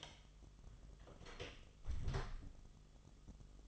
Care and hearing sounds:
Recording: daily activity, microphone in the room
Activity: close door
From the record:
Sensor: 4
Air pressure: 1005.8 hPa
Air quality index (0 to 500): 89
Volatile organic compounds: 2 ppm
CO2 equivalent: 1101 ppm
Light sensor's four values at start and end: 13/28/11/10 and 13/30/12/11

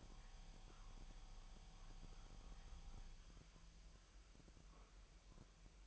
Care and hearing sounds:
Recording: daily activity, microphone in the room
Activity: make coffee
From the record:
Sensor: 1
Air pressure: 1002.0 hPa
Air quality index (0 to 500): 242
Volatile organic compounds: 47 ppm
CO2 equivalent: 3260 ppm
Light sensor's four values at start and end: 8/28/10/11 and 8/28/10/11

